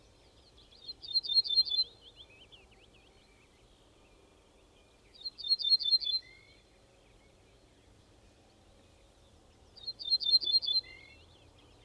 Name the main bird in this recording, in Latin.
Emberiza hortulana